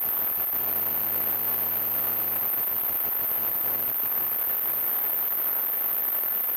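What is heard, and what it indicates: A steady, very high-pitched tone runs unbroken over a soft background hiss, with a low electrical hum in the first seconds and again briefly midway. This is a simulation of tinnitus, the constant ringing a person hears with no outside sound present.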